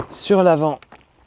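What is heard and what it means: A plastic hose quick-connector is being handled at the inlet on the front of a portable bike-washing station while someone talks. Faint handling ticks follow the speech, with a sharper transient at the very end of the clip. The connector has not seated or clicked yet.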